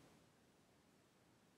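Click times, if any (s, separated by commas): none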